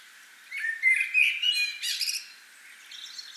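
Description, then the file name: Common blackbird singing one phrase of low fluted warbling notes that rises into a thin, squeaky high twitter, followed by a fainter high chirp. "Turdus merula"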